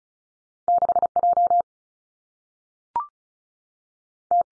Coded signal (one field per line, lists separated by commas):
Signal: Morse code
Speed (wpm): 36 wpm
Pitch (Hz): 700 Hz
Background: none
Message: 6 J T